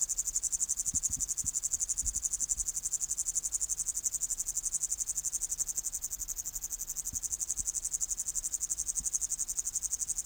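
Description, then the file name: Upland green bush-cricket song, a steady high-pitched pulsing buzz continuing without pause, with a few soft low knocks in the background. "Tettigonia cantans"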